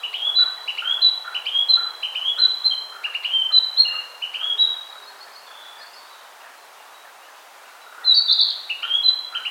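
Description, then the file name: Narcissus flycatcher song: a quick series of clear whistled phrases, then a pause and another phrase. "Ficedula narcissina"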